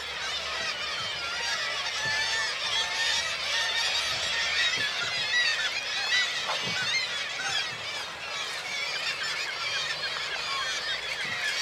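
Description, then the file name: Gulls calling, a dense chorus of overlapping squealing and honking cries that never pauses, with faint soft splashes of lapping water underneath. Large group of gulls at a marina, with water lapping. "birds seagulls large group marina water lapping"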